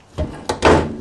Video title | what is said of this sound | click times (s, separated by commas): 48re assembly part 1 | and there it just snapped into place did it | 0.5 s, 0.7 s